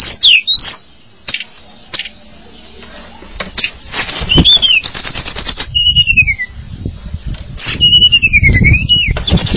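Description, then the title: Java sparrow song: sharp clicking notes interspersed with slurred, whistled phrases that rise and fall, with bursts of low rumbling noise in the background. "kicau gelatik"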